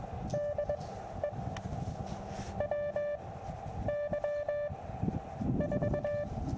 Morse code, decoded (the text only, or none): DE WY4